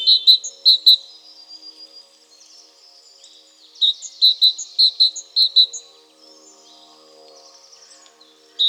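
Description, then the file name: Great tit: two bursts of ringing, sharp high notes in close pairs, separated by softer chatter and buzzy notes, with one more note at the end. "Parus major"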